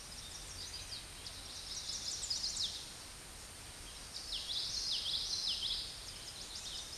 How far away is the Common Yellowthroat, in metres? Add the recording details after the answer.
about 25 m. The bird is about 5 m below the microphone. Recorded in a Pennsylvania forest on 16 May 2024 at 09:55. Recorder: AudioMoth, point MSD-2320. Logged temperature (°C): 12.8 °C. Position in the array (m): 235 m, 178 m